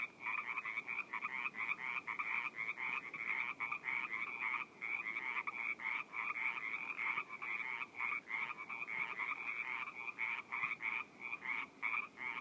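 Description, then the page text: Many frogs croaking together, a continuous raspy pulsing chorus with short irregular breaks between bursts. Several frogs in a pond along Wilder Rd, Orinda, California, USA, recorded February 24, 2014. "frogs in pond at wilder. US-CA-Orinda-1234 Wilder Rd — Feb 24, 2014. Pond audio. PajaroNerds"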